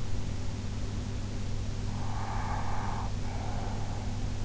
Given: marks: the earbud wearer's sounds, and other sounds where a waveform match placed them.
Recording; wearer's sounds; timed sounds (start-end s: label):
sounds in sleep by an in-ear microphone; breath
1.87-4.33 s: breath